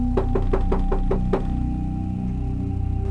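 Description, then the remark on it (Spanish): Seven quick, evenly spaced knocks on the wooden door of the last room along a passage, the last one landing harder, followed by a low steady hum that lingers after the knocking stops. “La puerta de esa pieza, la última del pasaje, estaba junta. Javier golpeó.”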